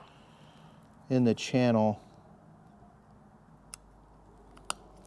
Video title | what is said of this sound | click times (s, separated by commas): Installing WILWOOD Disc Brakes! | There we go. You'll actually hear it snap into place. | 4.7 s